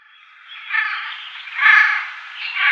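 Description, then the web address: Eurasian jay making a drawn-out, hoarse rasping call that swells and fades in waves for nearly three seconds, with no other sounds. "Schulze Peter Eurasian Jay calls"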